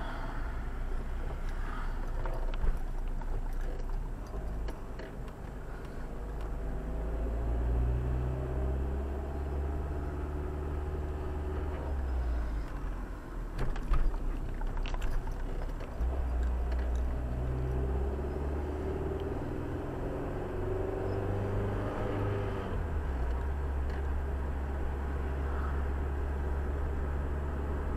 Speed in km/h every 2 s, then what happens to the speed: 20, 20, 20, 22, 28, 31, 27, 25, 25, 32, 40, 42, 41, 43.
0-5 steady at about 20. 5-9 speeds up to 31. 9-16 steady at about 25. 16-21 speeds up to 42. 21-28 steady at about 42.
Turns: none.